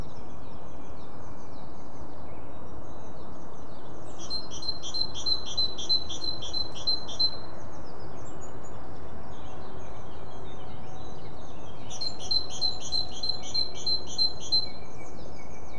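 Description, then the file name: Great tit singing quick, regular high-pitched repeated notes in two separate bursts, with constant low background rumble throughout. "kohlmeise"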